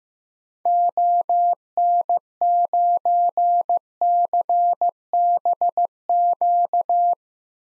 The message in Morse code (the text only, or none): ON9CBQ